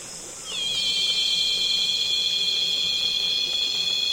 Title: Congo Basin Rainforest - Afternoon - Loud Cicadas